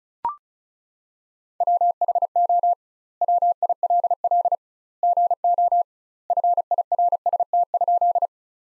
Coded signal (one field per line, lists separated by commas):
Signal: Morse code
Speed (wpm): 34 wpm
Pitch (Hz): 700 Hz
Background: none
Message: WHO WILL GO FIRST?